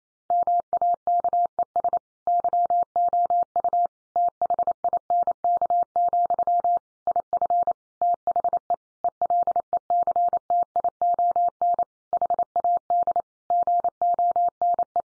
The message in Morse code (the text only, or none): MAKES YOU THINK, IF THE ELECTION HAD GONE